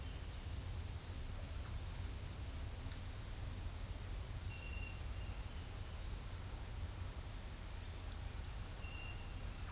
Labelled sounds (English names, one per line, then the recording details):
none
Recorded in pastures near Puerto Asís, Putumayo, Colombia, on 8 March 2025 at 10:00
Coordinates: 0.472, -76.329
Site G074